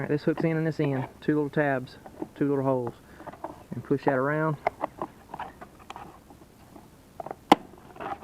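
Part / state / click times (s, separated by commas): plastic air cleaner cover onto the carburetor air box of a small portable generator / seated / 7.5 s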